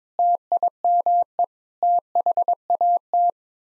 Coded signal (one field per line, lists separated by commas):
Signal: Morse code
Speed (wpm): 21 wpm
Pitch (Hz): 700 Hz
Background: none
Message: TIME THAT